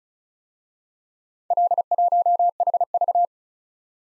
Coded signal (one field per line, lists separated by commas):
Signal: Morse code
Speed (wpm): 39 wpm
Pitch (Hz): 700 Hz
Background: none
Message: L1HV